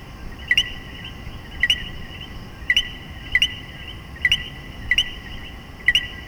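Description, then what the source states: Common coquí repeating its two-note co-QUI call about once a second, the second note clearly higher, against a soft background hum. Puerto Rico.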